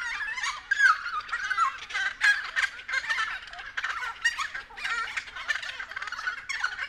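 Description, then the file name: Friarbirds cackling in a noisy group, strident gurgling and chattering notes with a few louder peaks, continuous overlapping calls. Several friarbirds recorded at 6:30 AM. "BIRD-FRIARBIRDS-N-301111-6 30 AM"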